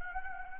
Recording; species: mosquito wingbeat signal from an infrared sensor; Anopheles gambiae